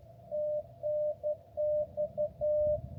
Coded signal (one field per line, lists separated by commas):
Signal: Morse code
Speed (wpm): 11 wpm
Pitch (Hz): 600 Hz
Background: none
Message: TNX